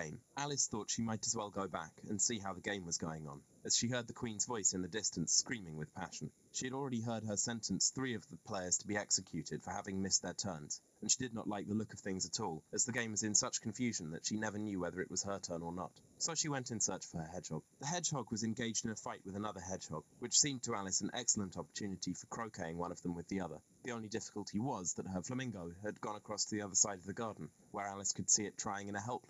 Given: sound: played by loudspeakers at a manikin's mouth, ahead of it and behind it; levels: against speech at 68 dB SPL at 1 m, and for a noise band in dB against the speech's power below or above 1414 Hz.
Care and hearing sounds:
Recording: test signals for a remote microphone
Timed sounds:
0.00-29.30 s: man speaking
From the record:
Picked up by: remote microphone A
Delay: 47 ms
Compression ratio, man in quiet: 8.14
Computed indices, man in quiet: SII 0.991, HASPI 1.000, HASQI 0.503 (non-linear 0.584, linear 0.862), ESTOI 0.841

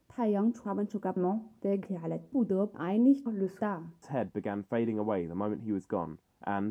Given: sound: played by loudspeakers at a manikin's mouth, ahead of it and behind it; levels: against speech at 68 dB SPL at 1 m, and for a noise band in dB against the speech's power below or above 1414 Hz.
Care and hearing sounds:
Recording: test signals for a remote microphone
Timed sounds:
0.00-4.02 s: speech test signal (ISTS)
4.02-6.71 s: man speaking
From the record:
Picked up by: measurement microphone

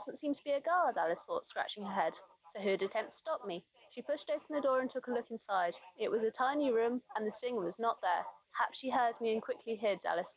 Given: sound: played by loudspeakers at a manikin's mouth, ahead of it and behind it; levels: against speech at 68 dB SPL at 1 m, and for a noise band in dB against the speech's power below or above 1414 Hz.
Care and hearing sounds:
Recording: test signals for a remote microphone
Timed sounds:
0.00-10.37 s: woman speaking, babble ahead at +6 dB SNR for speech at 1 m
From the record:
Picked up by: remote microphone B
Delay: 24 ms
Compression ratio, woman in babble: 1.71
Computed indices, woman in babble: HASPI 0.957, HASQI 0.352 (non-linear 0.409, linear 0.859), ESTOI 0.804

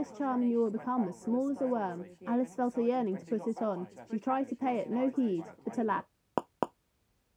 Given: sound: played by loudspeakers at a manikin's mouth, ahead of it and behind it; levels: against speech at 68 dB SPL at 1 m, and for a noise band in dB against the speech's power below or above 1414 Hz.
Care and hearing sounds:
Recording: test signals for a remote microphone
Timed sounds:
0.00-6.00 s: woman speaking, babble ahead at +6 dB SNR for speech at 1 m
6.38 s: click
6.63 s: click
From the record:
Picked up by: measurement microphone

